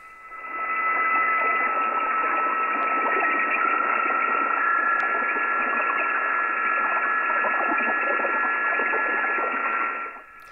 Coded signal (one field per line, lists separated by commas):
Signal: PSK31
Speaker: okay there's the single line indicating turnover as soon as I see that little line I want to transmit